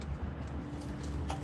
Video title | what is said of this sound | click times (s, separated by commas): Bmw 3.0 L spark plug change | Push the tab in and see how it kind of slides down like that. Listen for the click. | 1.3 s